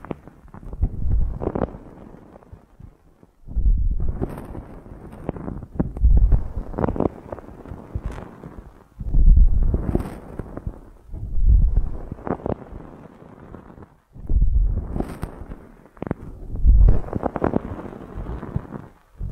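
An ear massage: bursts of muffled, rumbling rubbing and scratchy brushing come in waves of two to three seconds, separated by brief near-silent pauses. Each burst swells and fades, with sharp crackly strokes scattered through it and a deep thump underneath.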